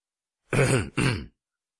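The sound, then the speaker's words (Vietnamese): A man clears his throat in two quick voiced bursts, like a short "ahem," moderately loud and alone with silence around it. “Ông Jira hắng giọng, bối rối, vì bị bắt quả tang làm một ít điều thiện.”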